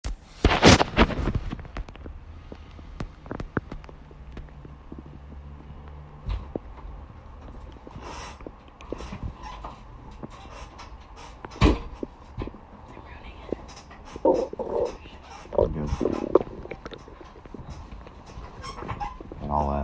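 Irregular gurgling and rumbling tummy grumblings, loudest around the middle and end, over a low hum, with phone-handling knocks at the start, picked up on a phone. These are ordinary stomach and bowel sounds from gas and fluid moving through the gut.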